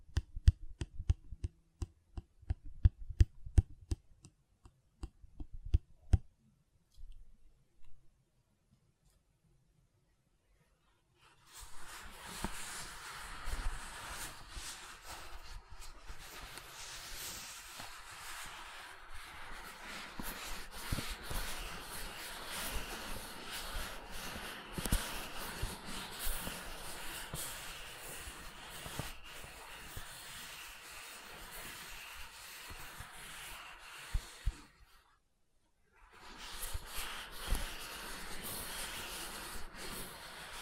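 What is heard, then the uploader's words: Gentle silicon sounds open with sparse, separate soft taps and clicks over the first ten seconds. From about 11 seconds a dense, steady rubbing and scraping texture takes over, hissy and bright, pausing briefly near 35 seconds before resuming to the end. ASMR Gentle Silicon Sounds for Sleep (No Talking).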